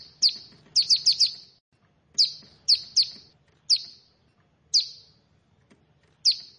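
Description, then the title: Prinia song: sharp, high, downward-sweeping chips, mostly single, with one quick run of four and a pair; faint low hum underneath. "Ciblek Sawah"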